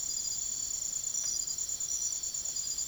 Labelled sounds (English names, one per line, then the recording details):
none
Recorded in secondary vegetation near Puerto Asís, Putumayo, Colombia, on 22 June 2025 at 04:30
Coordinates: 0.489, -76.322
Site G021